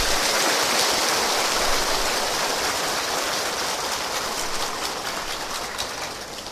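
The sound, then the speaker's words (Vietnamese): A big round of applause from an assembled audience praising a novice's spirit of study and monastic ordination, a dense, steady wash of many hands clapping at once, loud and crackling throughout with no voices, easing slightly toward the end. “Xin toàn thể quý vị, chúng ta cũng tán thán cái tinh thần tu học cũng như cái tinh thần giác ngộ xuất gia của chú Tâm Vương bằng một tràng pháo tay thật lớn.”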